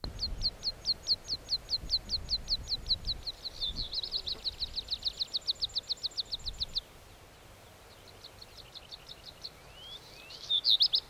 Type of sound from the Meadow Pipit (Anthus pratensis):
song